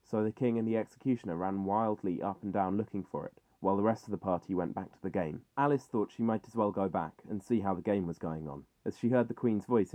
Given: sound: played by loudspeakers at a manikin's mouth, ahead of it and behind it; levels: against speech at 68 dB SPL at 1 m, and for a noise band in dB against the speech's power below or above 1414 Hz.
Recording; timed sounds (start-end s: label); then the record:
test signals for a remote microphone
0.00-9.95 s: man speaking
From the record:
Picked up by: measurement microphone